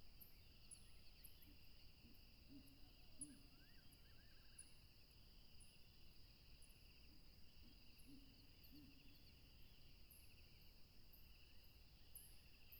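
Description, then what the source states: Crickets in a continuous, steady high trilling chorus at two pitches, with soft low hooting notes, brief high chirps and a constant low rushing background. Tropical river setting.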